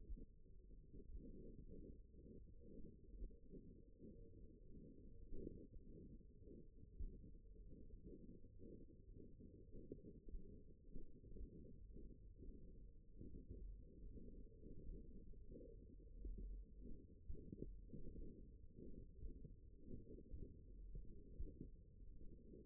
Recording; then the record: forearm muscle sounds (acoustic myography)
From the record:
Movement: finger pinch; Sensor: system 1, eight BSWA MPA416 microphones around the upper forearm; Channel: 7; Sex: female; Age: 21 years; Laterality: right